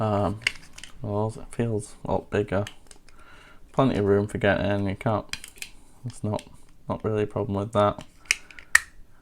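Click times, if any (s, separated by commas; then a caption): 8.8 s. Someone talks while handling a second plastic razor blade storage case, then its plastic lid is snapped shut with a loud, sharp click at 8.8 s. The lid closes fully, giving a crisp, satisfying snap.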